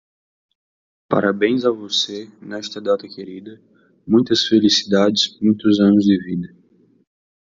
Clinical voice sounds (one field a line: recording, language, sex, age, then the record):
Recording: short text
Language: Brazilian Portuguese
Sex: male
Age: 20 to 29 years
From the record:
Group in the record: control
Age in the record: 23 years